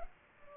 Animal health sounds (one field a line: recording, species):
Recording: mosquito wingbeat signal from an infrared sensor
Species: Culex pipiens